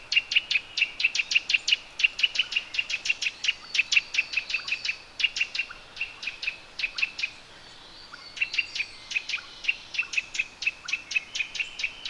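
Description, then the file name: Eurasian nuthatch giving a long fast string of clear, high piping notes, with a brief silence before the series resumes. "Sitta europaea"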